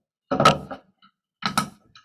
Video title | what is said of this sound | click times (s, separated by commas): ME-9447B Super Pulley Force Table | you should hear a little snap | 1.6 s